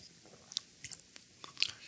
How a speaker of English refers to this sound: Can't hide the water drinking on this tape, so you'll have to bear with it. But I wanted you to hear it.